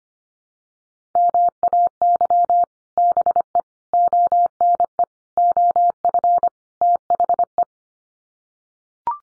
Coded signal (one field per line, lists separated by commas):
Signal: Morse code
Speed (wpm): 25 wpm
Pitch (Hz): 700 Hz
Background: none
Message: MAY BE ONE OF THE